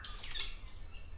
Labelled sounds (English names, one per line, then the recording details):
Stitchbird song
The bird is a male
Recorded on Tiritiri Matangi Island, New Zealand, in 2005
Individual 11, of nest box 13